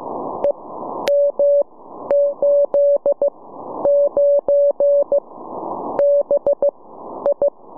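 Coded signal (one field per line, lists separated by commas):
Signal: Morse code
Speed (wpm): 15 wpm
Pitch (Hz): 570 Hz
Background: none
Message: EM89BI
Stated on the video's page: Six-metre beacon in grid EM89, Ohio, received with a very strong signal during a morning sporadic-E opening.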